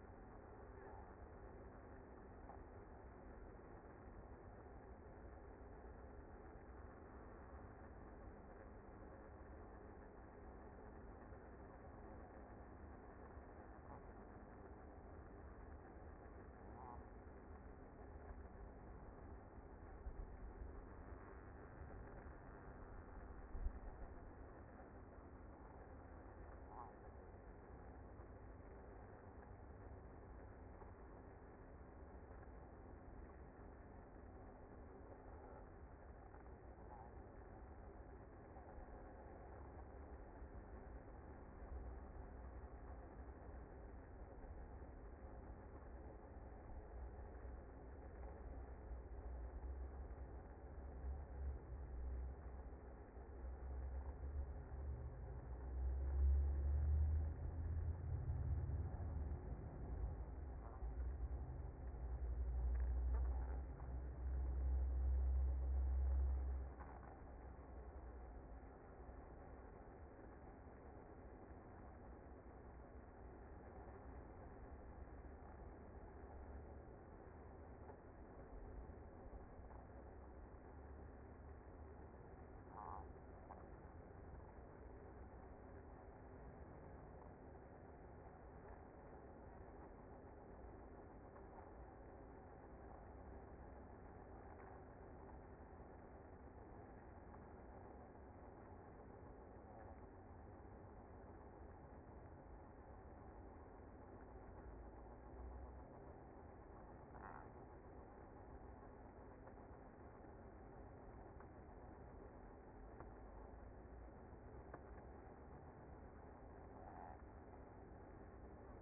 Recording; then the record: honeybee colony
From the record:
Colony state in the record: active